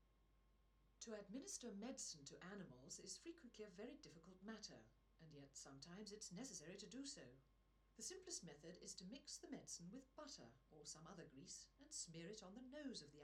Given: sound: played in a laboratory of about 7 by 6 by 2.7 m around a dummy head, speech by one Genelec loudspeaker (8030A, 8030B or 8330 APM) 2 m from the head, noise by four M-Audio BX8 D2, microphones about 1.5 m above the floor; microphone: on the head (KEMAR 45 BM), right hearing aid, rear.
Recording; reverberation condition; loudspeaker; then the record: female speech in English; low; behind (180 degrees)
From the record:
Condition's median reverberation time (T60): about 310 ms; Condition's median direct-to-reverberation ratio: about 3.5 dB